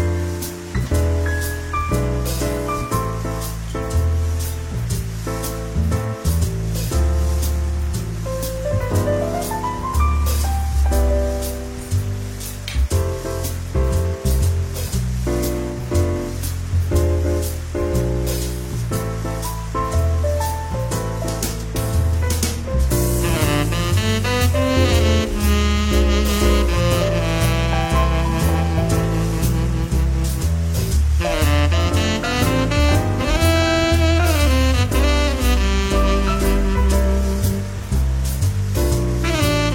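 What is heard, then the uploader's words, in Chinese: Jazz plays without pause, full, with a low bass moving note by note beneath bright melodic lines and steady drum and cymbal strikes. Around the 23-second mark the band grows brighter and busier, staying loud through the end. 纽约夜晚西餐厅的氛围与爵士乐。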